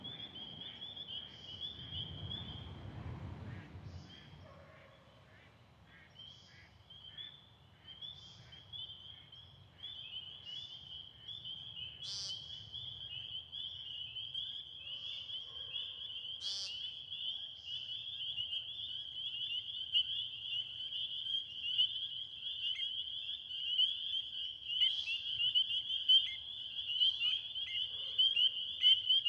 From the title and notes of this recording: Friday Night, Peepers, Woodcocks & Trains. Recorded in West Kingstown, Rhode Island on Liberty Road near the Great Swamp. Peepers and all the other critters came out.